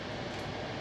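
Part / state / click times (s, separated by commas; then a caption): top half of an RC differential housing onto its bottom half / not seated / none. The top half of an RC crawler's plastic differential housing is being handled onto its bottom half, over the bushings. Only a steady broadband hiss is heard, with no distinct transients. Nothing has seated or clicked yet.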